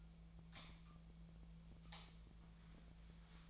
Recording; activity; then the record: daily activity, microphone in the room; light on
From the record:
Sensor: 1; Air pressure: 1009.8 hPa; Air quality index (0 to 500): 190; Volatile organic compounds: 18 ppm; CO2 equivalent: 2606 ppm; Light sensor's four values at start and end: 35/90/38/45 and 47/134/55/62